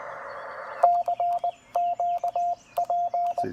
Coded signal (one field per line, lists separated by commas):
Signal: Morse code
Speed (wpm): 19 wpm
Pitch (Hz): 700 Hz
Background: none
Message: CQP